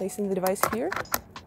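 Someone talks while placing an Emlid Reach RS4 Pro GNSS survey receiver on a survey pole's quick release adapter, lining up the blue marks so it can be turned until it locks. Brief handling sounds come through under the speech, with a short tap near the end. Nothing has seated or clicked yet.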